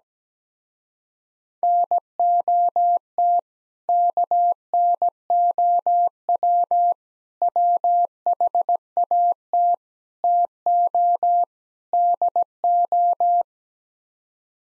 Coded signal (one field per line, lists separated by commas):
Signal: Morse code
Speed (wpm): 17 wpm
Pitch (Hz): 700 Hz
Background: none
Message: NOT KNOW WHAT TO DO